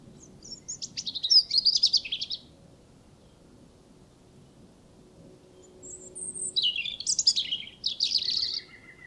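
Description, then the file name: European robin song: a rapid buzzy-trilled phrase, a long silence, then two more fast jumbled high phrases ending with a thin lower note. "Erithacus rubecula"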